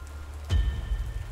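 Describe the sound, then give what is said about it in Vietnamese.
Steady rain hisses softly, then about halfway through it swells into a heavier, fuller downpour with a low rumbling undertone that keeps going to the end. “Mưa bắt đầu lớn dần.”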